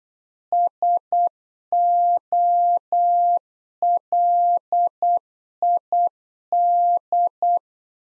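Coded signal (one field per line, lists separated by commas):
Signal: Morse code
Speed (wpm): 8 wpm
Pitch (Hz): 700 Hz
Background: none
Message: SOLID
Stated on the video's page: Practice QSO lesson at 8 wpm, information segment (ham experience, age, occupation) sent in Morse for head-copy.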